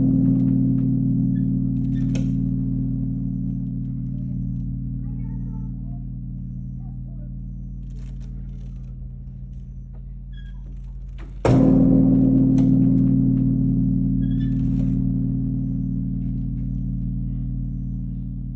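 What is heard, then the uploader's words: A large temple bell hums deep and steady, its low ringing slowly fading for the first eleven seconds. Around the eleven-second mark it is struck again, a sharp hit that renews the full, resonant tone. Faint scattered clicks sound in the quiet background. Night Bell at Todaiji. The temple bell of Todaiji Temple.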